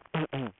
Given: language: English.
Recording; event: throat vibration sensor signal played as sound; throat clearing